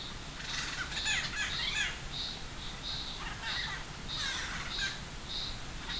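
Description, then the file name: Buffy laughingthrush calling: harsh chattering notes and repeated buzzy phrases in quick succession throughout. "laughingthrush-buffy Garrulax-berthemyi"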